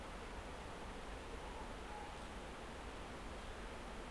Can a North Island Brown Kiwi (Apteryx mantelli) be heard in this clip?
no